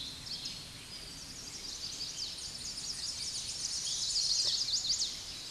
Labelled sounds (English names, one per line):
Chestnut-sided Warbler song